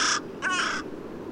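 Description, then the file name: Carrion crow giving two hoarse, grating caws, the first cut short at the start, the second lasting about 0.4 seconds. "Corvus corone"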